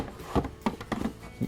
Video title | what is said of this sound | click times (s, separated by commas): We Got a TEGUAR Tech Package! Unboxing Their Latest Tech! | Yep, it just pops right in there like that. Not bad. | 0.9 s